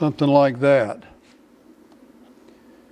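Someone talks briefly while holding a new screen up to press its flex cable connectors onto the iPad logic board sockets. Then there is a quiet low hum with a couple of faint ticks. The connectors have not seated or clicked in yet.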